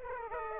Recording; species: mosquito wingbeat signal from an infrared sensor; Aedes aegypti